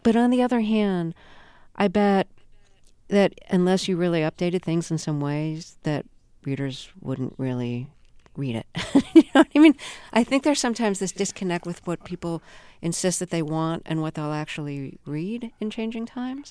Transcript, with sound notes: but on the other hand, I bet that unless you really updated things in some ways, that readers wouldn't really read it (laughter). You know what I mean? I think there's sometimes this disconnect with what people insist that they want and what they'll actually read in changing times.